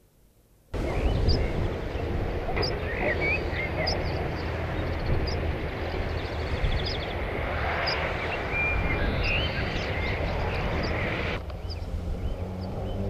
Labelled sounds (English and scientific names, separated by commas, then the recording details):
Meadow Pipit (Anthus pratensis)
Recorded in the wild
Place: Stolberg, Nordrhein-Westfalen, DE
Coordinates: 50.74, 6.24
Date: 1985-06-28
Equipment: Sony WM-D6C, Big Ear
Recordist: Skiba, Reinald